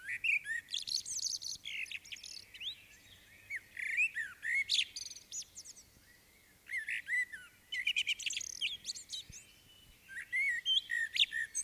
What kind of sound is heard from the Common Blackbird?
song